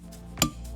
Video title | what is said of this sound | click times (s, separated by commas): Lab Lesson Torque Wrenches | until I hear and feel the click. | 0.4 s